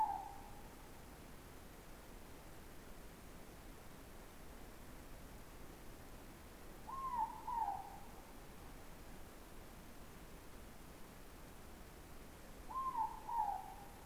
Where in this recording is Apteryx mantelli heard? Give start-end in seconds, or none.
none